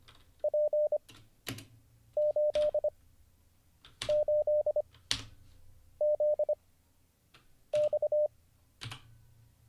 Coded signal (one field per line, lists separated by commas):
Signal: Morse code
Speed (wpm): 25 wpm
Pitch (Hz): 600 Hz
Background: none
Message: P 8 8 Z X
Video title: How to Learn Morse Code (Day 39) [Livestream]